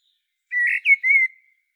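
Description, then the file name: Common blackbird giving one brief phrase of three smooth fluted whistles, slurring slightly up and down, with nothing else heard. "Turdus merula"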